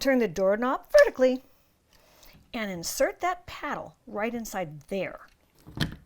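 Someone talks while the flat deadbolt tailpiece paddle of a DESLOC B200 smart lock, with the knob turned vertically, is inserted into the slot of the interior lock assembly on the door. The paddle seats with a firm, sharp thunk at 5.8 s.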